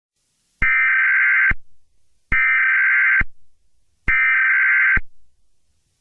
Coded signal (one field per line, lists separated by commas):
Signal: Emergency Alert System (SAME) tones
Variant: header bursts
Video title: EAS Scenario #2: Chinese attack New Orleans